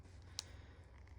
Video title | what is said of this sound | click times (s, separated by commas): 12 Days of Christmas: Day 4 | There we go. I heard it click. | 0.4 s